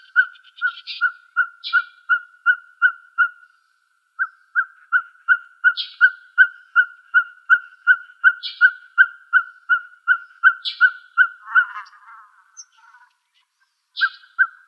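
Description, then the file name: Ferruginous Pygmy-Owl calling with rapid, regular hollow toots that stop briefly and then resume, while other small birds chip and chatter in the background. Arizona, 17 March 2007. "FEPO 1 B deviche"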